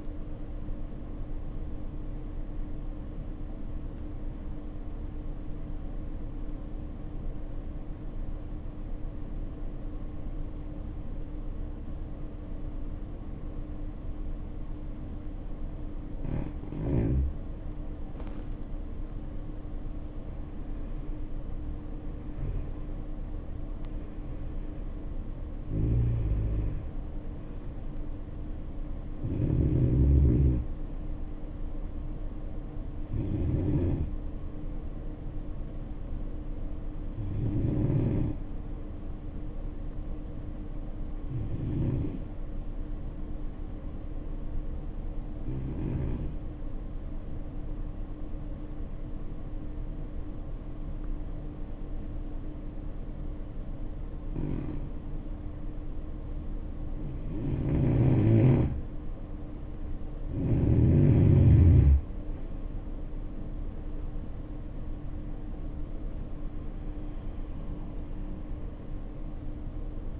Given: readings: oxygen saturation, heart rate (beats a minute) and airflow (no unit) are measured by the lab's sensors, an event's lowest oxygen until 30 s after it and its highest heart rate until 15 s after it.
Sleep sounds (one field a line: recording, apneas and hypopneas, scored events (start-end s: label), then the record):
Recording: breathing in sleep by a smartphone at the bedside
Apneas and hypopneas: 2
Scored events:
6.00-20.00 s: obstructive apnea (N2, oxygen 93% highest, then 81% lowest, heart rate 62 at the start, 73 highest)
28.00-58.00 s: new sleep stage, N1 (lightest sleep)
44.00-62.00 s: hypopnea (N1, oxygen 94% highest, then 81% lowest, heart rate 59 at the start, 74 highest)
58.00-70.20 s: new sleep stage, N2 (light sleep)
From the record:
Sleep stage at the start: N2 (light sleep)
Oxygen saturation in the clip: 81 to 94%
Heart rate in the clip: 58 to 74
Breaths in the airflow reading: 12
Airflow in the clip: -9.0 to 7.8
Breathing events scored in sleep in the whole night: 520 in 7.2 hours asleep